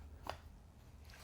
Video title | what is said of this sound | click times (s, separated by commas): Buerkles Cerakote Midi Knight- Handmade in Indiana USA and Perfectly Imperfect! #knifereview #edc | All right, so it pops right in. | 0.3 s